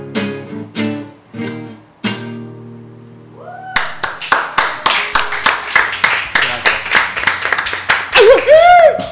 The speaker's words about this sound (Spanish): Gente, tiran esos gritos, ¿viste? Cuando terminan los temas.